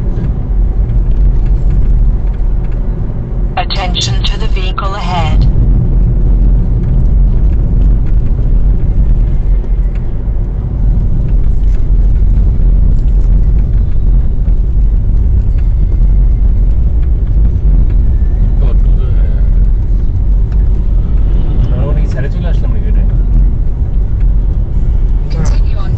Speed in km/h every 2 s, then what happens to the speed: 57, 55, 56, 55, 50, 49, 43, 37, 38, 43, 44, 44, 43.
0-6 steady at about 55. 6-14 slows to 37. 14-20 speeds up to 44. 20-26 steady at about 44.